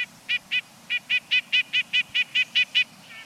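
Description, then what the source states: Red-breasted Nuthatch calls: a quick series of about a dozen nasal, tinny notes. One of the two most common of the four nuthatch species living in the United States.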